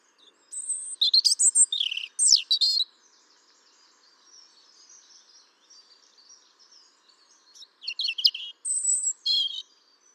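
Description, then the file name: European robin song: two high, tinkling phrases with sharp downslurs, separated by a stretch of soft, faint twittering. "Erithacus rubecula"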